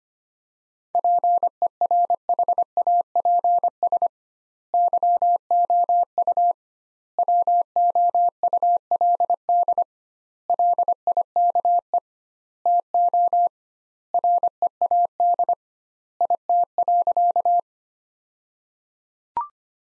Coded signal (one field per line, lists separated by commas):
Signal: Morse code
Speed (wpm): 25 wpm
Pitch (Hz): 700 Hz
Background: none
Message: PERHAPS YOU WOULD LIKE TO READ IT.